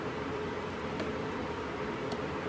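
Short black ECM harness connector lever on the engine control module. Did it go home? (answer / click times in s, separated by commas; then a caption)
no / none. Someone is handling the short black ECM harness connector on the engine control module of a C8 Corvette, pulling its locking lever toward themselves. Only a steady, broadband hiss is heard, with two faint brief ticks near 1.0 s and 2.1 s. The lever has not clicked home yet, and nothing has seated.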